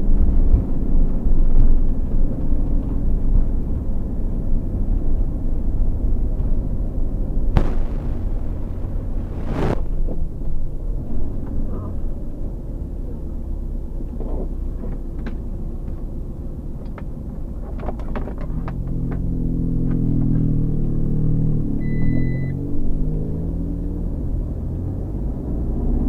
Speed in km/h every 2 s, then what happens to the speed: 33, 29, 25, 24, 22, 0, 0, 0, 0, 0, 0, 0, 0.
0-10 slows to 0. 10-26 standing.